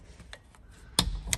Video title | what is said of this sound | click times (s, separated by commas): Detailed Kubota SVL Polycarbonate Windshield Installation without Removing the Frame | and then it clips | 1.0 s